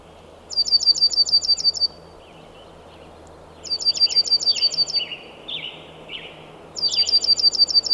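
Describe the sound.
Bird giving a high, even trill three times, with a series of softer lower slurred notes between the second and third bursts.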